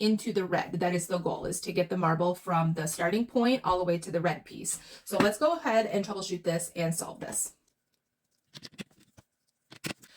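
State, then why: Seated. Someone talks for the first seven and a half seconds, then quiet follows as plastic maze pieces are pressed into a puzzle grid board to build a marble path. Short, sharp ticks are heard at 8.6, 8.7 and 9.7 seconds as the pieces snap into place and stay put in the board.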